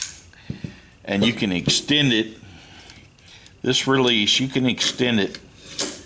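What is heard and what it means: Someone talks while handling a metal folding stock on the receiver of an Ingram MAC-10 (M10/9) submachine gun, pressing its release and pulling the stock out toward full extension, with faint metallic handling taps between the speech. The stock has not yet latched into its extended position, and nothing has clicked or seated by the end of the clip.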